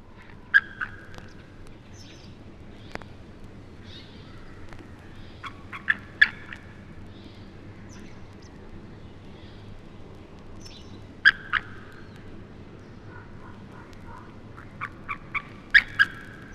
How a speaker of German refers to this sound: Das nächste Beispiel gibt Abwehrlaute eines Adlers in Horstnähe wieder, der von einem Bussard attackiert wird. Um Störungen zu vermeiden, wurde die Aufnahme aus 300 Meter Entfernung mit einem Parabolreflektor gemacht.